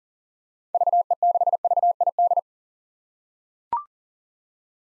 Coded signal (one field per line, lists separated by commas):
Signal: Morse code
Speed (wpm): 37 wpm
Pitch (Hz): 700 Hz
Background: none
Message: VE6VID